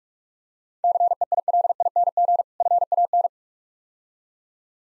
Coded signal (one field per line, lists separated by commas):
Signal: Morse code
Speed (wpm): 44 wpm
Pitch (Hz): 700 Hz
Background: none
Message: CEILING FAN